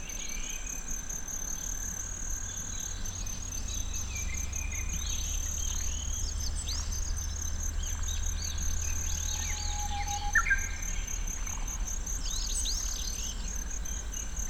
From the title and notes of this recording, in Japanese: 鶴岡市のキンヒバリの声。ウグイスやアカショウビン、クロツグミ、ホオジロほか、鳥の声もたくさん入っています。ZOOM F6, Sennheiser MKH802。